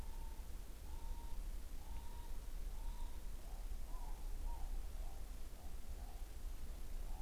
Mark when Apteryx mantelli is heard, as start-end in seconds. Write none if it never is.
none